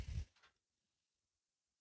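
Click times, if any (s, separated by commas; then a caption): none. A torque wrench is pulled on the eighth valve cover bolt of a GS750 motorcycle engine, tightened in sequence, producing a short broadband scraping burst in the first quarter second, a softer second burst around 0.4 s, then silence. The wrench never clicks at its setting, so nothing has clicked.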